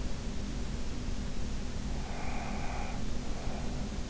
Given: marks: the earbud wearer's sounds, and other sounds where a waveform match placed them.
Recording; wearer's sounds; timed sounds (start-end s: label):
sounds in sleep by an in-ear microphone; breath
1.91-4.09 s: breath